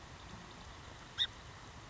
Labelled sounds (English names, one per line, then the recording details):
Song Sparrow
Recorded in Sonoma County, California